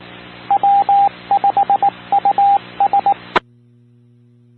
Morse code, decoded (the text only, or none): W5US